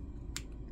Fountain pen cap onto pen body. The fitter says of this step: when the cap is pushed and turned you'll hear that nice click and the pen is sealed and sealed very well